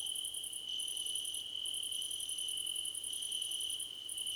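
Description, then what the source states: Crickets chirping together, a steady high-pitched trill beneath quick pulsed chirp runs that pause briefly every second or two. Crickets in a choir competition.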